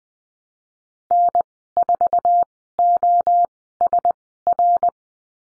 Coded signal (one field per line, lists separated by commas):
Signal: Morse code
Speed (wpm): 20 wpm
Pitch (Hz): 700 Hz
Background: none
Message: N4OSR